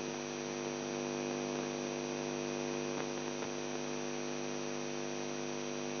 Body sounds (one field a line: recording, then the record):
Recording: brain microelectrode recording played as sound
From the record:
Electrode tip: outside the subthalamic nucleus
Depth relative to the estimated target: -4 mm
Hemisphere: left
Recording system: AlphaMap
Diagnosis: Parkinson's disease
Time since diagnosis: 11 years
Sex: male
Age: 42 years